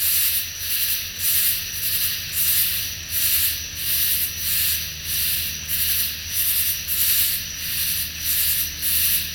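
Katydid chorus, loud scratchy high-pitched pulses throbbing regularly over a steady thin whine, each burst rising and falling in volume.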